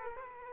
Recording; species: mosquito wingbeat signal from an infrared sensor; Culex quinquefasciatus